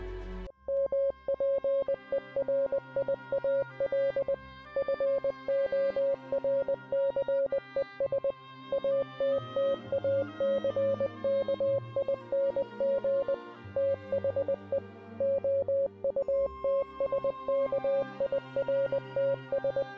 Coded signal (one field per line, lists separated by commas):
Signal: Morse code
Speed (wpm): 20 wpm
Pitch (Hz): 550 Hz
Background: music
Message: MPERIAL FORCES ATTACKING THE OUTSKIRTS